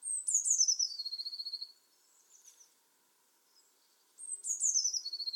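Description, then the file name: Eurasian blue tit repeating twice a phrase of high, thin notes that drop into a fast, ringing trill, with a pause of a few seconds between phrases. "Cyanistes caeruleus"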